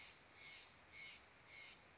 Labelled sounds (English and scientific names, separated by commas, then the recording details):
Steller's Jay (Cyanocitta stelleri)
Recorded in Sonoma County, California